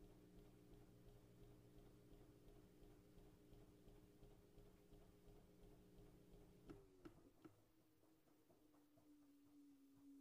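A washing machine runs with a steady low hum and faint rhythmic ticking. Around six and a half seconds the drone shifts, with a few sharp clicks, then settles into a slightly different, thinner whine that holds to the end.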